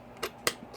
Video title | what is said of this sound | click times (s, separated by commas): Benjaman FORTITUDE (How to Install BAKER TRIGGER Upgrade) Baker Airguns Trigger Mod | you just got our way you can lock it into place a couple different ways there | 0.5 s